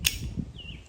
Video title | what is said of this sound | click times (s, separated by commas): DREYOO 21” pressure washer extension wand from Amazon | And it's locked in. | 0.1 s